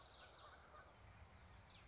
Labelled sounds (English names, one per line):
Common Yellowthroat